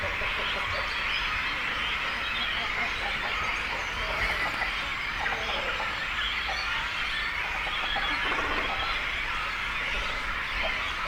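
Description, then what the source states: Cormorants calling in a dense colony chorus, a continuous wash of harsh, wheezy chatter with scattered guttural croaks throughout. Breeding cormorant colony with chicks, at Zemitz, Germany.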